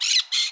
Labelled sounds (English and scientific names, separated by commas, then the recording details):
Brown-throated Parakeet (Eupsittula pertinax) contact call
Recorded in Curacao
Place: Hoffi Jan Thiel
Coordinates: 12.094, -68.877